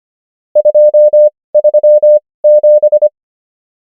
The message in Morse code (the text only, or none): 237